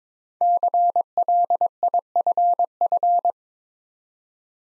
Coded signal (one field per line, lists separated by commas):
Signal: Morse code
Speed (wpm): 22 wpm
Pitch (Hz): 700 Hz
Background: none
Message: CLIFF